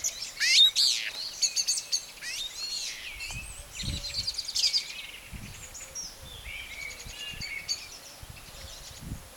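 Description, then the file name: Common blackbird: a burst of sharp, high ringing calls at the start, then thinner twittering and chirping over soft background noise. "Turdus merula"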